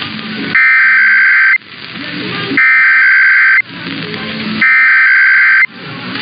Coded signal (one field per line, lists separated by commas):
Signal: Emergency Alert System (SAME) tones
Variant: header bursts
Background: speech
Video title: EAS #131-133 - Sunday Weekly Tests (2/11/24)